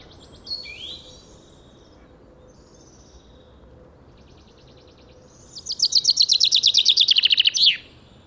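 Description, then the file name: Common chaffinch song: a few faint high sounds at the start and a few more after a quiet stretch, then a loud, rapid series of notes falling in pitch and ending in a sharp flourish. "Fringilla coelebs"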